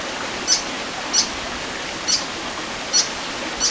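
White-throated fantail calls: five short, very high sharp notes spaced roughly every half to one second over steady background hiss.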